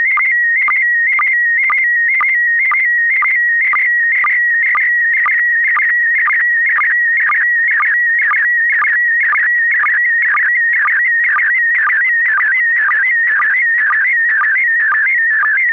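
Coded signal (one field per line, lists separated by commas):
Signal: SSTV (slow-scan television)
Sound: warbling, buzzy tone shifting in pitch, with a short low blip about twice a second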